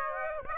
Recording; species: mosquito wingbeat signal from an infrared sensor; Aedes aegypti